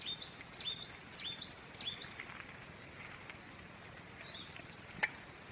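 Spotted scrubwren calls: a run of several high, sharp, upslurred notes in quick succession over about two seconds, then quieter scattered notes and a faint click over light background hiss.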